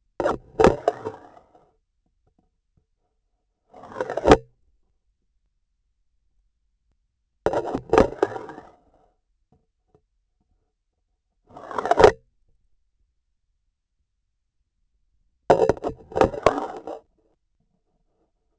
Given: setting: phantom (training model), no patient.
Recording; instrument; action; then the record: laparoscopic instrument, vibration sensor on the handle end; grasping forceps; insertion and removal through the trocar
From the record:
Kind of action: spatial motion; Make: Olympus